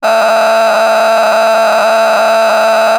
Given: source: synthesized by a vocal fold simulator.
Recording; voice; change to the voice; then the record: sustained vowel; female; a random mix of aspiration noise, stiffness perturbation and strain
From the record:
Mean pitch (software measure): 221 Hz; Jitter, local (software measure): 4.16%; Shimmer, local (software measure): 7.0%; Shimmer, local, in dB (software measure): 0.68 dB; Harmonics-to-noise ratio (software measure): 7.7 dB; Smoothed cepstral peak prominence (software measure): 10.4 dB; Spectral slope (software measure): -16.1 dB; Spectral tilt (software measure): -8.7 dB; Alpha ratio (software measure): -6.6 dB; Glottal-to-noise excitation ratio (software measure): 0.912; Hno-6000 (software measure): 1.6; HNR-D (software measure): 26.6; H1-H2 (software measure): -3.1 dB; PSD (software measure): 1.1e-03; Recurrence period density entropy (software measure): 0.128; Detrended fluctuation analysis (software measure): 0.0102